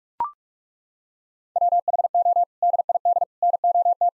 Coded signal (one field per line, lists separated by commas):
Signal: Morse code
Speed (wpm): 41 wpm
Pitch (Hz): 700 Hz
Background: none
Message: WHO DID NOT